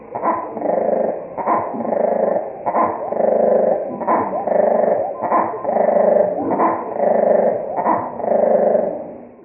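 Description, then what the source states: Marsh wren song slowed far down, a low pulsing series of repeated rattling phrases, each about a second long, running back to back without pause. Western male at Pony Lake, Nebraska; four songs, played slowed down eight times.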